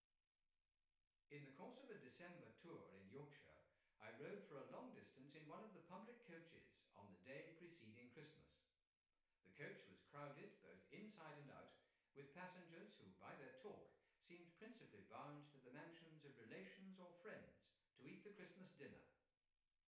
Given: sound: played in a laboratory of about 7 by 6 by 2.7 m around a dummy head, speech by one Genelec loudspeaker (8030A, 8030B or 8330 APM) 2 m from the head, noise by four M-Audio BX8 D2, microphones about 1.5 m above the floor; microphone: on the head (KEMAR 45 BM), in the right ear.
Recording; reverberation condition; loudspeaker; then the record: male speech in English; medium; 90 degrees to the left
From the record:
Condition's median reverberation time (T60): about 510 ms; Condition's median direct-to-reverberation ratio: about -0.5 dB